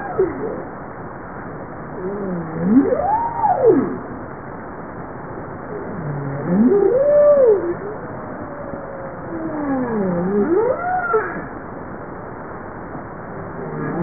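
Bowhead whale calls in a series: three arching sweeps that rise then fall, spaced a few seconds apart, over constant background hiss.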